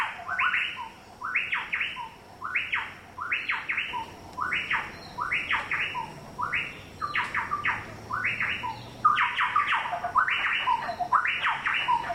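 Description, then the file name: Chowchilla calls, a long run of rich, ringing notes overlapping in a chorus that grows louder near the end. "Orthonyx Spaldingii"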